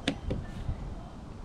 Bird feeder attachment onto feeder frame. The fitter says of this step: and then wait till it clicks hear the click